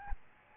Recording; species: mosquito wingbeat signal from an infrared sensor; Aedes albopictus